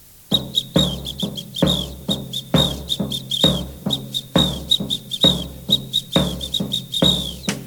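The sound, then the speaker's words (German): A tom-tom drum pounds a steady, even beat about twice per second while a shrill samba whistle trills continuously over it, both loud and without any voices. “Erst spielte das Tom-Tom zusammen mit der Trillerpfeife.”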